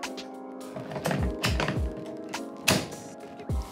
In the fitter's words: voilà c'est enclenché ça bouge plus il